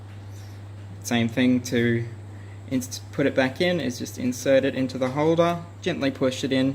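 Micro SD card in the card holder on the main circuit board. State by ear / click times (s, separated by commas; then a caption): not seated / none. A micro SD card is inserted into its spring holder on the main circuit board of a DDTR Mac 11 and gently pushed in while someone talks. Nothing has seated or clicked yet. A steady low hum runs underneath.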